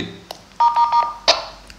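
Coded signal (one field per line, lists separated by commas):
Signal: none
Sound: radio key beeps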